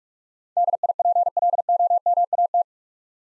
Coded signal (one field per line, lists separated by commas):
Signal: Morse code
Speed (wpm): 44 wpm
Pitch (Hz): 700 Hz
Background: none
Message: DIPLOMAT